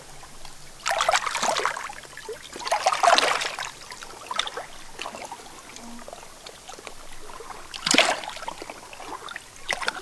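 Lake water laps and splashes in irregular surges, with a longer wash around one to two seconds and another near three seconds. A sharp slap lands near eight seconds, and smaller splashes come at the end over a faint, steady low hum.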